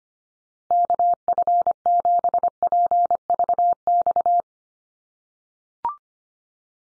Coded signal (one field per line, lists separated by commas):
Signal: Morse code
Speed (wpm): 25 wpm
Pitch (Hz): 700 Hz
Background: none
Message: KF7PVX